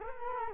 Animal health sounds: mosquito wingbeat signal from an infrared sensor; Culex quinquefasciatus

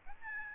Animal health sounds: mosquito wingbeat signal from an infrared sensor; Aedes albopictus

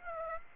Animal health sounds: mosquito wingbeat signal from an infrared sensor; Aedes aegypti

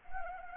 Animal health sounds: mosquito wingbeat signal from an infrared sensor; Anopheles arabiensis

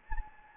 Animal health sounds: mosquito wingbeat signal from an infrared sensor; Anopheles gambiae

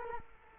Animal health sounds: mosquito wingbeat signal from an infrared sensor; Culex quinquefasciatus

